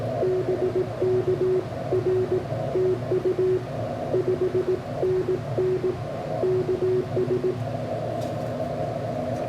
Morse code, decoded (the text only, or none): BK R TU 5NN KS